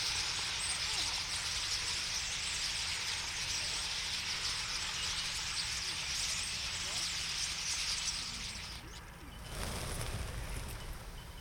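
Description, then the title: Common starlings chattering as a dense flock in continuous high, busy twittering that stops after about nine seconds, followed by a brief noisy rush and a low background rumble. Flock singing in a tree, then flying off at a big arm movement; cars in background; Boldixumstieg, Nieblum, Germany; Zoom H3-VR ambisonic recording rendered binaural. "Ein Vogelschwarm Stare. A flock of birds starlings. Boldixumstieg, 25938 Nieblum, Deutschland"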